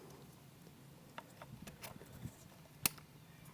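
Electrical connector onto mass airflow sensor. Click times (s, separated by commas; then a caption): 2.9 s. A plastic electrical connector is plugged back onto the mass airflow sensor of a 2016 Scion iM after the sensor has been cleaned. Soft taps and rustles lead up to one sharp, loud click at 2.9 s as the connector seats fully.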